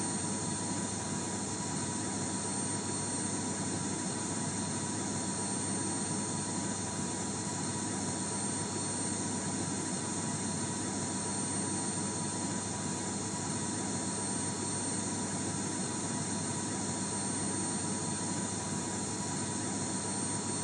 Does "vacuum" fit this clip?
yes